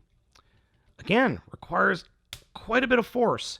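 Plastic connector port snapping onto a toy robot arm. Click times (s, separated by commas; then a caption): 0.4 s. A plastic connector port on a transforming toy robot is forced onto the arm piece and snaps into place with a single sharp click at 0.4 seconds. Afterward, someone talks, noting that it takes a lot of force.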